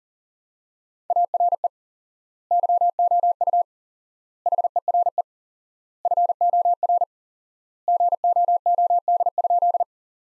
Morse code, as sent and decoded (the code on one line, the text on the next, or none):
.- .-. . / -.-- --- ..- / .... . .-. . / ..-. --- .-. / --. --- --- -.. ..--..
ARE YOU HERE FOR GOOD?